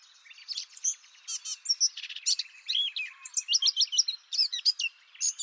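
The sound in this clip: Bird song, a rapid, varied warble of high chirps, trills and sweeping whistled notes, continuous through the whole stretch with only brief gaps.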